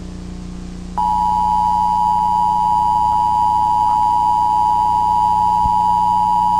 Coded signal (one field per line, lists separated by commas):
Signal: Emergency Alert System (SAME) tones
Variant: 853 and 960 Hz attention tone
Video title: SCP-2935 EAS